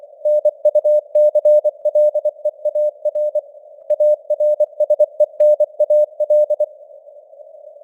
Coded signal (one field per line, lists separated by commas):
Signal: Morse code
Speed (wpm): 24 wpm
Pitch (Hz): 600 Hz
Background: none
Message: NUCLEAR ARSENAL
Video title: Morse Code News | 2025-09-30 | 24wpm